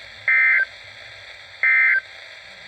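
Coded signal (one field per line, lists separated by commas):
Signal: Emergency Alert System (SAME) tones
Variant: end-of-message bursts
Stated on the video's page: NOAA Weather Radio flash flood warning.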